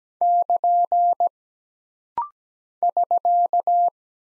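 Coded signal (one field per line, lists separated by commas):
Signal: Morse code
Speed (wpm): 17 wpm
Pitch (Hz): 700 Hz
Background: none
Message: <KN> <SK>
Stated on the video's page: Computer-generated morse code practice at 17 wpm of single punctuation and prosign characters, for instant character recognition drill.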